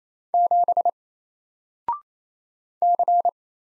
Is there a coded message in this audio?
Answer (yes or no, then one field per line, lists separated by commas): yes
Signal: Morse code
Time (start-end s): 0.3-3.3 s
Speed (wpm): 27 wpm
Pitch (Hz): 700 Hz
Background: none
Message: 7 C